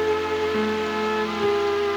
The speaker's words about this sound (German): Jetzt werden wir Wasser haben. Hoffentlich hört dieser Regen nicht so schnell wieder auf. Während ich die Wäsche wasche, wäscht mich der Himmel.